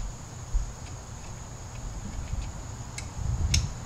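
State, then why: Seated. An electrical socket is pushed back onto the plastic bulb holder of the reverse tail light on a BMW E46 M3. A faint tick comes at 3.0 seconds, and then a sharp click at 3.5 seconds as the connector snaps into place and is seated.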